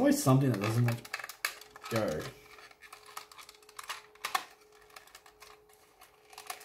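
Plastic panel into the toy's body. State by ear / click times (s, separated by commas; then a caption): not seated / none. Someone talks while handling a plastic panel of a Siege Omega Supreme transforming robot toy, pushing it into position in the toy's body during transformation. Light plastic taps and clicks are heard as the part is worked, with a faint steady hum in the background. Nothing has seated or clicked into place yet.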